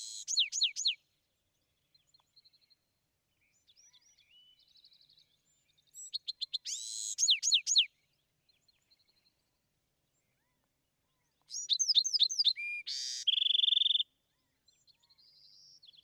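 Bewick's wren song: three loud bursts of descending buzzy notes and trills, with soft faint notes between them.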